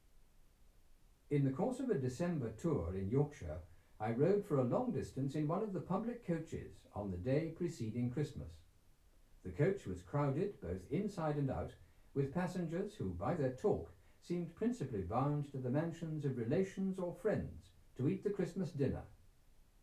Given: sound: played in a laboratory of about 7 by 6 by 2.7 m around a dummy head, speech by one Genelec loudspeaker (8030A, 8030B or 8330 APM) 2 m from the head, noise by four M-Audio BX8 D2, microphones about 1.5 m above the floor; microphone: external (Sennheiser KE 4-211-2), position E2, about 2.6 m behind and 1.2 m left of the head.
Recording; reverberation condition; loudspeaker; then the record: male speech in English; low; 150 degrees to the right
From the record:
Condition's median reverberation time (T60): about 310 ms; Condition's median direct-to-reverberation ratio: about 3.5 dB